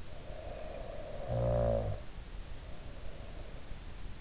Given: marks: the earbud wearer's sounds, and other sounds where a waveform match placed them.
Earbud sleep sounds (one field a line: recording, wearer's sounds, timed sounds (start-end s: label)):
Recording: sounds in sleep by an in-ear microphone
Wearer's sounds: snoring breath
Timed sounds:
0.26-3.69 s: snoring breath